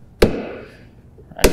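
A plastic turn signal light housing from a John Deere Gator Turn Signal Deluxe Headlight Kit (BUC10608) is pressed into its mounting so the side clips snap into the notches on each side. A sharp snap is heard at 0.2 s, then after a faint tick, a second sharp snap at 1.4 s. Both side clips are seated.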